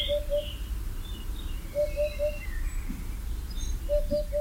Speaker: mais on l'entendait dans le feuillage en train de pousser son houp houp houp bien caractéristique, la huppe fascio.